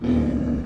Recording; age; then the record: pig call; growing-finishing pig (85 days or more)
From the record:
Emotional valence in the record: negative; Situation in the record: barren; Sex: female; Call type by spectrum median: low-frequency call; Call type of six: low-frequency stable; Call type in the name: low-frequency stable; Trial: 1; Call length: 0.67 s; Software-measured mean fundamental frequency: 45 Hz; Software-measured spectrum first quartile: 153 Hz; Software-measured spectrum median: 235 Hz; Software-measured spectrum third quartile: 316 Hz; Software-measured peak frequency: 245 Hz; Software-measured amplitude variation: 149 dB a second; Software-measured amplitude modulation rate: 28.6 a second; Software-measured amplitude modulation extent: 5.2 dB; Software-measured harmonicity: 1.4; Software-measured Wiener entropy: -0.98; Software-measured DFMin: 685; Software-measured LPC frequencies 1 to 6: 278, 1622, 2298, 3123, 3776, 4622 Hz